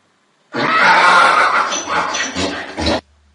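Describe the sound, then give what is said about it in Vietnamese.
A cart-pulling donkey, struck in the chest by two arrows, cries out in pain in a loud, harsh, strained bray lasting a couple of seconds, its rasping call wavering and breaking briefly before cutting off abruptly, with no talking over it. “Con lừa lúc này kêu lên thảm thiết, nó đi theo mặt cầu bôn ba đã mấy ngàn dặm, sống dài như quỷ, cuối cùng cũng đành mất mạng ở đây.”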